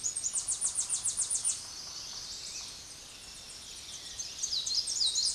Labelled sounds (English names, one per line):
Tennessee Warbler song